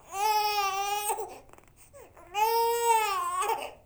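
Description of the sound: Two sustained infant cry bursts, each about a second long, separated by a brief pause with a short whimper. The cry is high-pitched and strongly tonal with a steady, clear voice. It is a baby-cry sound from a Fisher-Price toy product.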